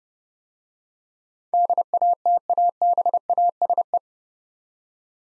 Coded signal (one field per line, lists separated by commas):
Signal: Morse code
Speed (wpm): 30 wpm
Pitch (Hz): 700 Hz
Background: none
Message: DATABASE